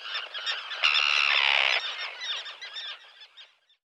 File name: dan-gibsons-solitudes common-tern